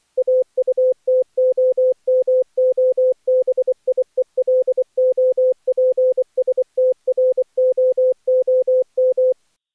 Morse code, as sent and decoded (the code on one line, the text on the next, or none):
.- ..- - --- -- --- -... .. . .-.. --- .--. ... - .-. --- --- --
AUTOMOBIELOPSTROOM